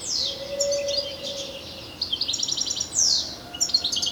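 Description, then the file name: European goldfinch with quick descending slurs and tinkling twitters, a low humming tone early on. "Carduelis carduelis"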